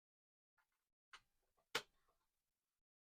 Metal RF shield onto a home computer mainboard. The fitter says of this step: and it should snap into place